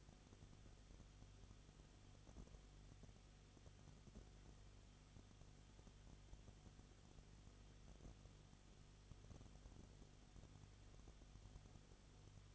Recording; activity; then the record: daily activity, microphone in the room; no activity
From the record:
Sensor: 4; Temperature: 22.7 degrees Celsius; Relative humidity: 31.7%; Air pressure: 995.4 hPa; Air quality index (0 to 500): 158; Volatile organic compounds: 2 ppm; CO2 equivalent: 1256 ppm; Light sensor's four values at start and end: 2/3/1/1 and 2/3/1/1